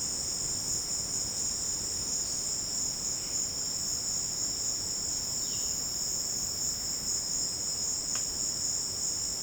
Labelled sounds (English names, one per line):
none